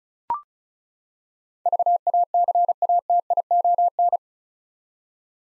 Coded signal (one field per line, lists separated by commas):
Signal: Morse code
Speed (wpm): 36 wpm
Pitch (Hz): 700 Hz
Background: none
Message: VACATION